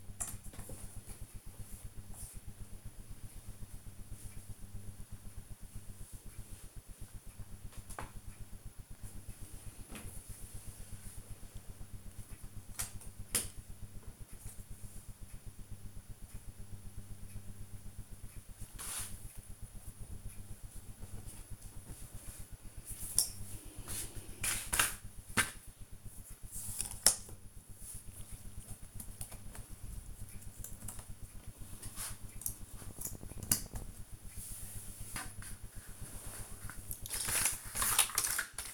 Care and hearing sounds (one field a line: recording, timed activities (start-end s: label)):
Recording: household activities, microphone on the right wrist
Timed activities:
0.06-38.74 s: doing a puzzle